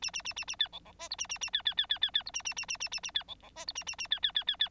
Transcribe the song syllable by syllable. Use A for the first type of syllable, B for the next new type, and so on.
A A A A A B C C D E A A A B B B B B B E A A A A A A A B C C D E A A A B B B B B